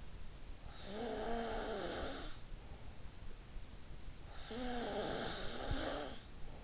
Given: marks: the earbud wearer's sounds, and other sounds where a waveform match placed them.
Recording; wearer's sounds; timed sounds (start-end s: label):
sounds in sleep by an in-ear microphone; snoring breath
0.54-2.63 s: snoring breath
4.37-6.35 s: snoring breath